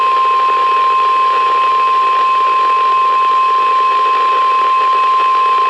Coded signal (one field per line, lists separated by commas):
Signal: Emergency Alert System (SAME) tones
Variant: 1050 Hz attention tone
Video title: EAS #267-#275: Storms in Maryland | KHB36, WNG736, & WXM42